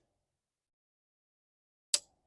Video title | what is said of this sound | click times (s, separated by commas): Trapping in ice and snow ain’t easy!!!!!! | let's see if y'all hear that click ready | 1.9 s